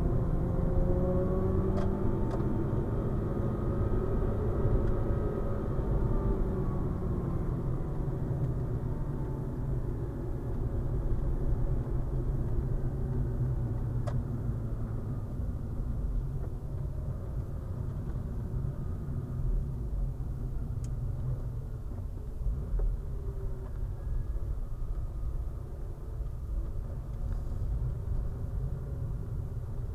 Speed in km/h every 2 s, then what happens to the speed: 65, 68, 61, 50, 46, 44, 36, 28, 27, 24, 16, 13, 13, 15, 15.
3-20 slows to 16. 20-30 steady at about 15.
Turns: 24-27.